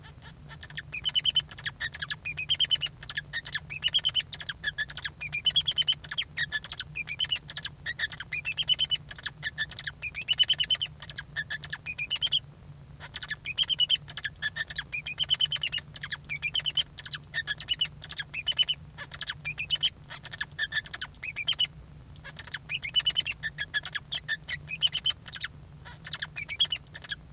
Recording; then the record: song of a male Bengalese finch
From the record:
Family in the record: son of father 2